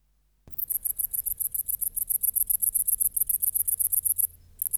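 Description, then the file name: Great green bush-cricket stridulating after a brief silence: a fast series of very high, hissing, buzzy pulses that stops briefly near the end, then resumes. "Tettigonia viridissima"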